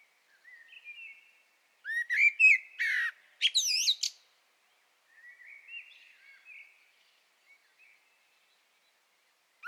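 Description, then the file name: Common blackbird song: a soft low warble, then a loud rich fluted phrase ending in high squeaky twitters, followed by quieter scratchy warbling. "Turdus merula"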